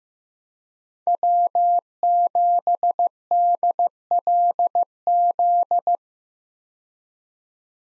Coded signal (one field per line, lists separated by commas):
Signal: Morse code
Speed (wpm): 15 wpm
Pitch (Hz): 700 Hz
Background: none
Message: W7DLZ